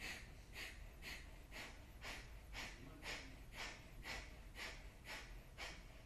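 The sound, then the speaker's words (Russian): Rapid, forceful breathing through the right nostril with the left nostril closed, about a dozen sharp, hissing nasal puffs in an even, quick rhythm with no talking. “Левый закрыли, правый дышим.”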